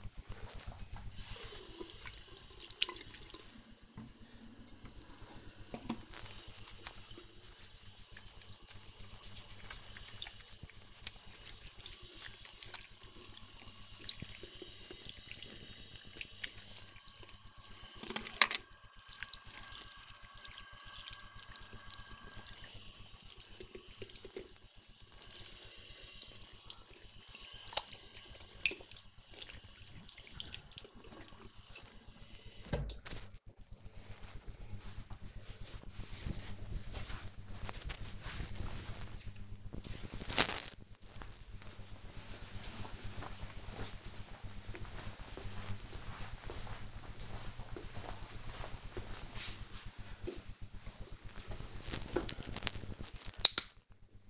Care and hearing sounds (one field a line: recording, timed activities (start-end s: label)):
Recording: household activities, microphone on the right wrist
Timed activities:
0.00-33.99 s: washing hands
50.10-54.30 s: disinfecting hands